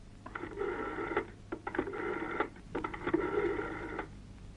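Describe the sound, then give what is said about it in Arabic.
A telephone call is placed to a police officer: the phone rings in three buzzy, trilling bursts of about a second each, with short clicks of dialing between them, over a faint steady hum and no voices. “يلا اضرب له تليفون.”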